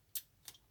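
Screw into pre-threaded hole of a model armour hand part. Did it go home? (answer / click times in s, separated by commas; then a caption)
no / none. A screw is being turned backwards in the already-threaded hole of a metal or plastic right-hand armour part on an Iron Man Battle Damaged model kit (No. 104). Two short, bright ticks are heard at about 0.2 s and 0.5 s over quiet background. Nothing has seated or clicked into the thread yet.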